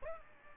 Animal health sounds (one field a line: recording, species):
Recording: mosquito wingbeat signal from an infrared sensor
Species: Aedes albopictus